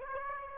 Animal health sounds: mosquito wingbeat signal from an infrared sensor; Aedes aegypti

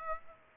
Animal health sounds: mosquito wingbeat signal from an infrared sensor; Aedes aegypti

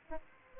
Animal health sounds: mosquito wingbeat signal from an infrared sensor; Aedes aegypti

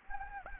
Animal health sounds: mosquito wingbeat signal from an infrared sensor; Anopheles gambiae

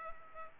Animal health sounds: mosquito wingbeat signal from an infrared sensor; Culex pipiens

